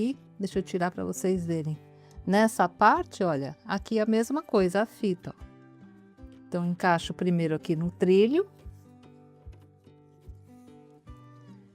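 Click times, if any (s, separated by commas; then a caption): none. A laser module for an Atomstack P1 Dual laser engraver is placed onto the gantry rail and lined up there, with the belt to be fitted afterwards. Someone talks over background music, and only small contact sounds are heard, with brief soft ticks near 9.0 s and 9.5 s. Nothing has seated or clicked yet.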